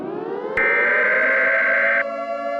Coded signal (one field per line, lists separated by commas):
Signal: Emergency Alert System (SAME) tones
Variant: header bursts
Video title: [Most Popular] Sun Explosion (An EAS scenario)